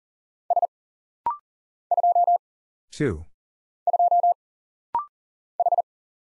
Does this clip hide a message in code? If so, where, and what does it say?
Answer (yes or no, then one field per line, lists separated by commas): yes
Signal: Morse code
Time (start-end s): 0.5-5.8 s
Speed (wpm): 40 wpm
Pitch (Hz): 700 Hz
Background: none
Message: S 2 2 H